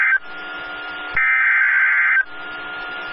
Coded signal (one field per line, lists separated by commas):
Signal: Emergency Alert System (SAME) tones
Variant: header bursts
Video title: Some SLIGHTLY disappointing storms! EAS Alerts from December 25th - 26th [EAS #3,494 - #3,540]